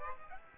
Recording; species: mosquito wingbeat signal from an infrared sensor; Aedes aegypti